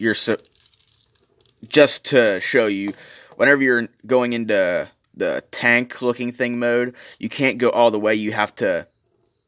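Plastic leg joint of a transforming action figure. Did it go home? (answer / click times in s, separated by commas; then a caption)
no / none. Someone talks while handling the plastic leg joint of a transforming action figure, shifting it toward tank mode; the leg section has to be pulled out until it clicks into full extension so the two legs can tab in. Only a few faint, light clicks and rattles come between the talking near the start. The leg has not clicked or seated yet when the clip ends.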